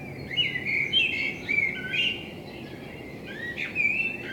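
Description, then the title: Common blackbird singing a run of fluty, warbling notes, pausing briefly, then resuming with a short whistled phrase. Binaural dummy-head recording made with a self-built dummy head, in front of the recordist's window, meant for listening on headphones. "Kunstkopfaufnahme der Amsel vor meinem Fenster"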